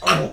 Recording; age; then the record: pig call; piglet (1 to 25 days)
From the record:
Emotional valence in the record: negative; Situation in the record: restrain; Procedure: in the arms of a person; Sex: male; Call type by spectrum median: low-frequency call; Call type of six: low-frequency tonal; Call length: 0.33 s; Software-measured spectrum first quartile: 751 Hz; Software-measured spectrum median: 1371 Hz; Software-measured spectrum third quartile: 2983 Hz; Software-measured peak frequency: 1222 Hz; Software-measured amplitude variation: 137 dB a second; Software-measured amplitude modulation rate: 13.5 a second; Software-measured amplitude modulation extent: 10.1 dB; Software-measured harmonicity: 0.4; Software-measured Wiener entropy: -1.96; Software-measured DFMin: 803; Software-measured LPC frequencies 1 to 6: 590, 1259, 2703, 4235, 5499, 5909 Hz